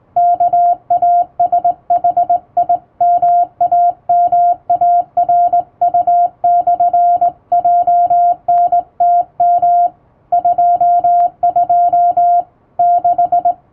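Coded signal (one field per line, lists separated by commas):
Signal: Morse code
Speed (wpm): 20 wpm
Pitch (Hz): 700 Hz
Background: music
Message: KASHIMAMARU/JNTM 22 6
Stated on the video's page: Hand-keyed Morse on a straight key with correct posture and basic keying, sending English-language telegram practice text from a radiotelegraph practice book, for practice.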